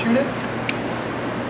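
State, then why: Seated. A fuel hose quick-connect fitting is pushed onto the fitting of a Phoenix fuel converter unit on a Dodge Dakota while someone talks. A short, sharp snap is heard at 0.7 s as the quick connector seats onto the unit.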